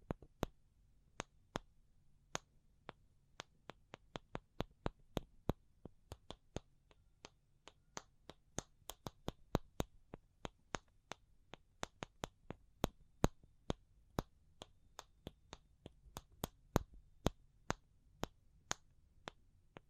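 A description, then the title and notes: Sharp, crisp taps arrive in uneven bursts, sometimes rapid and clustered, sometimes spaced out, over a faint low rumble throughout. ASMR Pure Tapping Fast and Slow (No Talking).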